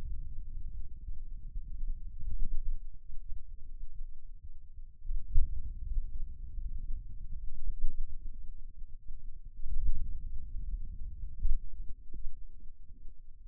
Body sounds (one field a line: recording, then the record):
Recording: forearm muscle sounds (acoustic myography)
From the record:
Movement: hand opening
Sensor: system 2, bracelet of six BSWA MPA416 microphones around the upper forearm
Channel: 2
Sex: male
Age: 22 years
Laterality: right